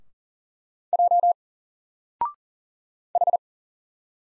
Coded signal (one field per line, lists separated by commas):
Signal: Morse code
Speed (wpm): 40 wpm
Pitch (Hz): 700 Hz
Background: none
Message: J H